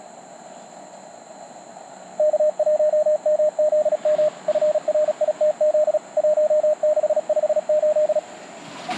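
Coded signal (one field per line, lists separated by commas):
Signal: Morse code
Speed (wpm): 40 wpm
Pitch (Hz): 610 Hz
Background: radio noise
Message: K1MZM FRITZ 1658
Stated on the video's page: QRP CW operation in the weekly CWT from a park on a bicycle trip, Mountain Topper MTR4B with end-fed random wire vertical.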